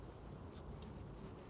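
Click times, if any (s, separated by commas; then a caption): none. Someone opens the end of a windshield wiper blade slightly and pushes a new rubber refill strip into its channel. A steady low, wind-like rumble fills the clip, with only a few faint, soft high-frequency rustles. The refill has not seated or clicked into place yet.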